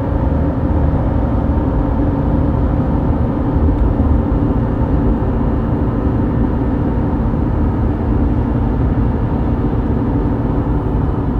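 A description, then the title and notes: Highway driving from inside a vehicle, a constant low rumble and soft hum that stays level for the whole stretch. A steady tone sits in the middle of the sound, with road noise filling the lows and little at the top. Nothing stands out or changes. Highway driving sounds and soft humming.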